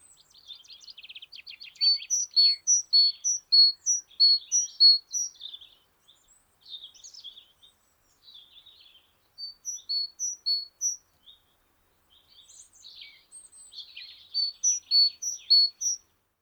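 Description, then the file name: Great tit song: several bursts of alternating high and lower whistled notes in quick succession, separated by pauses, with busy chirping and trills between. "Parus major"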